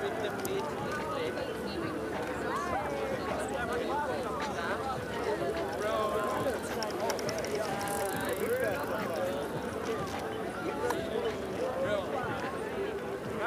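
Hundreds of people go about their activities on the Tempelhofer Freiheit in Berlin, their many overlapping voices forming a dense, steady murmur. A low rumble runs underneath throughout, and brief brighter sounds such as clicks or calls pop out now and then, with a hiss near eight seconds.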